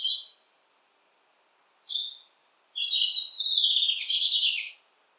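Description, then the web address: European robin singing: a short high note, a brief stacked chirp, then a long, wavering phrase ending in a louder warble. "SETE data Erithacus rubecula"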